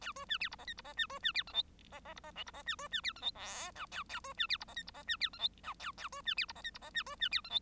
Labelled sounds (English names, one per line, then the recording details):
Bengalese Finch song
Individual Bird1